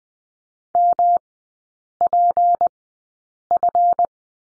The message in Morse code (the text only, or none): MPF